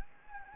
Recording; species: mosquito wingbeat signal from an infrared sensor; Anopheles gambiae